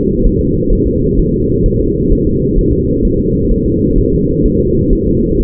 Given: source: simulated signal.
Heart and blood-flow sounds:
fetal heart sounds
0.26 s: S1
0.41 s: S2
0.73 s: S1
0.87 s: S2
1.19 s: S1
1.34 s: S2
1.66 s: S1
1.80 s: S2
2.12 s: S1
2.27 s: S2
2.59 s: S1
2.73 s: S2
3.05 s: S1
3.19 s: S2
3.51 s: S1
3.66 s: S2
3.98 s: S1
4.13 s: S2
4.45 s: S1
4.60 s: S2
4.93 s: S1
5.07 s: S2
5.40 s: S1
From the record:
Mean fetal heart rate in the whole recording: 130 bpm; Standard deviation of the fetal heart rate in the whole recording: 4 bpm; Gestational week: 38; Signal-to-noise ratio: -10.2 dB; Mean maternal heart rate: 72 bpm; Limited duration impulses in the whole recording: present

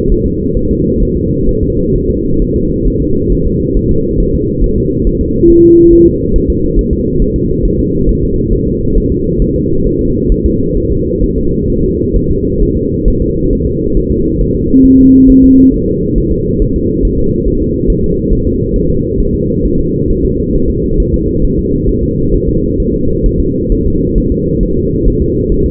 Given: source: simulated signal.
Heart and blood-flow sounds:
fetal heart sounds
0.12 s: S1
0.26 s: S2
0.57 s: S1
0.71 s: S2
1.03 s: S1
1.17 s: S2
1.49 s: S1
1.63 s: S2
1.96 s: S1
2.10 s: S2
2.42 s: S1
2.56 s: S2
2.88 s: S1
3.02 s: S2
3.32 s: S1
3.47 s: S2
3.77 s: S1
3.91 s: S2
4.20 s: S1
4.35 s: S2
4.64 s: S1
4.78 s: S2
5.07 s: S1
5.21 s: S2
5.50 s: S1
5.64 s: S2
5.93 s: S1
6.07 s: S2
6.36 s: S1
6.50 s: S2
6.79 s: S1
6.93 s: S2
7.22 s: S1
7.36 s: S2
7.65 s: S1
7.80 s: S2
8.09 s: S1
8.23 s: S2
8.53 s: S1
8.67 s: S2
8.98 s: S1
9.12 s: S2
9.42 s: S1
9.56 s: S2
9.87 s: S1
10.01 s: S2
10.32 s: S1
10.46 s: S2
10.78 s: S1
10.92 s: S2
11.24 s: S1
11.38 s: S2
11.70 s: S1
11.84 s: S2
12.16 s: S1
12.30 s: S2
12.63 s: S1
12.77 s: S2
13.08 s: S1
13.22 s: S2
13.53 s: S1
13.67 s: S2
13.97 s: S1
14.11 s: S2
14.41 s: S1
14.55 s: S2
14.85 s: S1
15.00 s: S2
15.30 s: S1
15.44 s: S2
15.74 s: S1
15.88 s: S2
16.18 s: S1
16.32 s: S2
16.62 s: S1
16.76 s: S2
17.05 s: S1
17.19 s: S2
17.48 s: S1
17.62 s: S2
17.90 s: S1
18.04 s: S2
18.33 s: S1
18.47 s: S2
18.76 s: S1
18.90 s: S2
19.20 s: S1
19.35 s: S2
19.65 s: S1
19.79 s: S2
20.11 s: S1
20.25 s: S2
20.55 s: S1
20.70 s: S2
21.00 s: S1
21.14 s: S2
21.45 s: S1
21.59 s: S2
21.89 s: S1
22.03 s: S2
22.34 s: S1
22.48 s: S2
22.80 s: S1
22.94 s: S2
23.26 s: S1
23.40 s: S2
23.72 s: S1
23.86 s: S2
24.18 s: S1
24.32 s: S2
24.63 s: S1
24.77 s: S2
25.08 s: S1
25.22 s: S2
25.52 s: S1
25.66 s: S2
From the record:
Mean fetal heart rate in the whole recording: 135 bpm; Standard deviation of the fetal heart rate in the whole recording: 3 bpm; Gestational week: 36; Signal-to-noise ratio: -15.3 dB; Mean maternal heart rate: 72 bpm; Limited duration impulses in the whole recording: present

